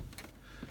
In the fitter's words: You should hear it click,